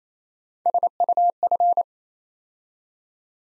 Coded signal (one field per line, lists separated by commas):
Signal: Morse code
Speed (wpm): 27 wpm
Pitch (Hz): 700 Hz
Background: none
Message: SUF